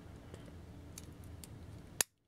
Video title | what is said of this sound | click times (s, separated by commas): NECA Video Game RoboCop vs Terminator Flame Thrower Figure | is you just push on this front panel until it locks in place | 2.0 s